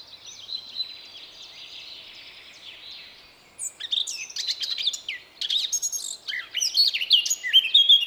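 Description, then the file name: Eurasian blackcap song: faint twittering at first, then loud bursts of varied warbled phrases with clear whistled notes from about four seconds on. "Sylvia atricapilla"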